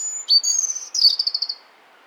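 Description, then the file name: European robin song: thin high whistles, then a quick run of bright, evenly spaced twittering notes fading out. "Erithacus rubecula"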